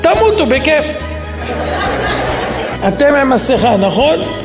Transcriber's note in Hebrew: הקהל צוחק